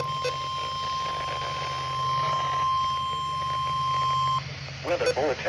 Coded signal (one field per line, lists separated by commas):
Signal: Emergency Alert System (SAME) tones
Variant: 1050 Hz attention tone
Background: speech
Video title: EAS-372-373-374 80MPH WIND WWG56-KDO94-WWG53 SVR